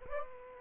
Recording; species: mosquito wingbeat signal from an infrared sensor; Aedes aegypti